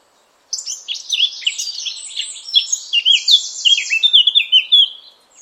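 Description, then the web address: Eurasian blackcap song: a continuous, hurried warble of mixed scratchy and whistled high notes running for about four and a half seconds. "cianscape birddata Deverinetal 2025"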